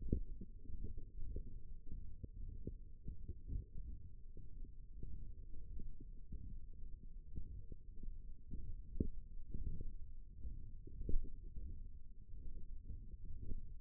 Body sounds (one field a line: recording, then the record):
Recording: forearm muscle sounds (acoustic myography)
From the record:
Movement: thumb flexion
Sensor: system 1, eight BSWA MPA416 microphones around the upper forearm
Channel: 5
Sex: female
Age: 21 years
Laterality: right